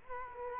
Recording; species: mosquito wingbeat signal from an infrared sensor; Culex quinquefasciatus